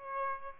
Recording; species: mosquito wingbeat signal from an infrared sensor; Aedes aegypti